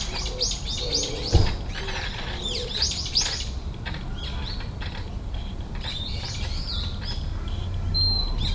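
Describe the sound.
Birds chirping and twittering, high overlapping notes with a brief low thump near the start and a constant low rumble.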